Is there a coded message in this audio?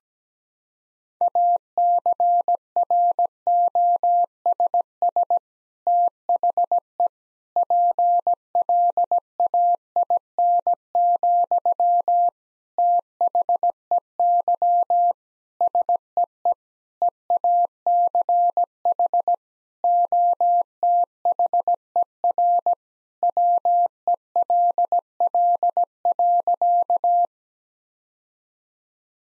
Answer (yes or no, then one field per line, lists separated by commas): yes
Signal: Morse code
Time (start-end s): 1.2-27.3 s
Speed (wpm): 17 wpm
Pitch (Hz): 700 Hz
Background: none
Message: ACROSS THE PLAIN, THEY SEE EACH OTHER WELL.